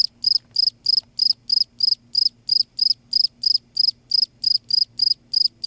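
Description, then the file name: Cricket chirping in an even rhythm, sharp high pulsed chirps repeated roughly three times a second, a weak low hum in the background. "cricket insect sound silence"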